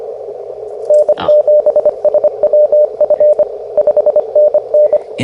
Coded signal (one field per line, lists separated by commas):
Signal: Morse code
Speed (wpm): 25 wpm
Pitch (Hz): 600 Hz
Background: radio noise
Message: N7SWF 5NN